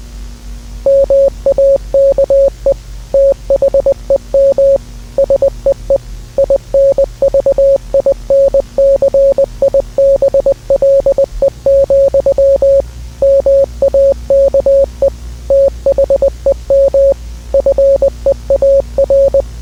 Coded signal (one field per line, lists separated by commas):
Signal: Morse code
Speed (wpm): 20 wpm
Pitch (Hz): 550 Hz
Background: none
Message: MAKE THEM SEE INVINCIBLE, MAKE THEM FEAR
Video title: EAS Scenario: Invincible Worldwide | Invincible War